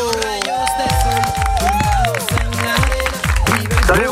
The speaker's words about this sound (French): Applaudissements pour Ludo.